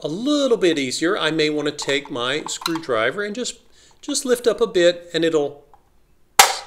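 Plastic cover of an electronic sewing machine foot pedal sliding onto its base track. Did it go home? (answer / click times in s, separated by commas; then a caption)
yes / 6.4 s. Someone talks while lifting the plastic cover of an electronic sewing machine foot pedal slightly with a screwdriver to slide it onto its base's side track. A sharp, loud snap at 6.4 s marks the cover seating into the track.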